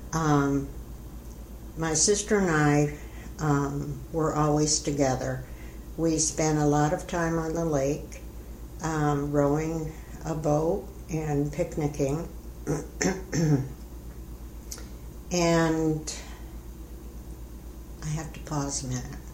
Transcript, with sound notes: My sister and I were always together we spent a lot of time on the lake, rowing a boat, and picnicking [Clears throat] and I have to pause a minute.